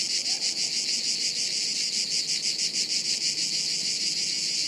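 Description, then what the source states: Cicadas buzzing together in a shrill, pulsing drone, beats arriving roughly three per second without pause. Chorus of cicadas high in the trees, woods near Sirolo, Italy, hot afternoon, August 23.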